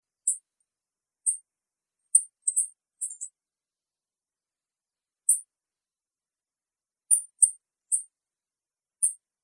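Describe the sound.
Grey bunting giving brief, very high, thin call notes, singly and in quick pairs, scattered irregularly over a quiet background.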